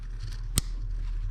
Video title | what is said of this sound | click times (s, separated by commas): 2006 Pontiac Torrent EGR Valve Replacement (Horizontal) | there's the click and that's how you replace the egr valve | 0.6 s